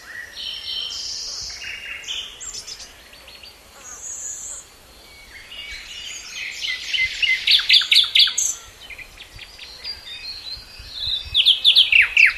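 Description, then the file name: Common nightingale song: varied buzzy and whistled phrases with rapid repeated loud notes, separated by short pauses, over faint background noise. "Luscinia megarhynchos"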